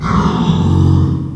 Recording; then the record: squeal of a Yucatan mini pig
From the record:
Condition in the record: after surgery on the right vocal fold (resection and tissue-engineered implant); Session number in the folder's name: 16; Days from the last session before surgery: 183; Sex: female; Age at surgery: 19 weeks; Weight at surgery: 25 kg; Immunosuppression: prednisolone